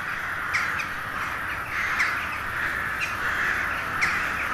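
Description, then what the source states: Crows in a noisy crowd, a constant blend of caws with several sharper individual calls breaking out. Hundreds of crows gathering at dusk in winter to settle for the night in a poplar wood at Neuflize.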